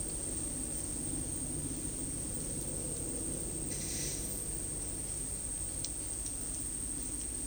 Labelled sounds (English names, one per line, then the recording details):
none
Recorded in dense forest near Puerto Asís, Putumayo, Colombia, on 19 February 2024 at 10:30
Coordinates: 0.485, -76.318
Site G6408